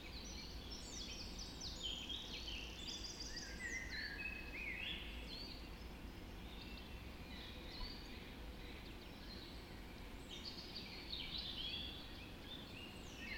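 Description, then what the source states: Dawn chorus of overlapping songbirds, bursts of trills and bright whistled notes, over persistent low background noise. Dawn chorus recorded just after dawn in the Forest of Dean.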